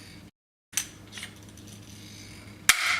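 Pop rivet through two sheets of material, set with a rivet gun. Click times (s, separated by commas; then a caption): 2.7 s. A pop rivet passed through two sheets of material is set with a hand rivet gun, with a few smaller mechanical clicks from the squeezing before the stem snaps off in a sharp, loud pop at 2.7 s. The rivet seats, fastening the two sheets securely together.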